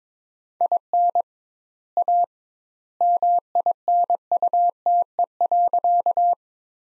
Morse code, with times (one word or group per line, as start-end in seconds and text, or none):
0.6-1.2 IN
2.0-2.2 A
3.0-6.3 MINUTE.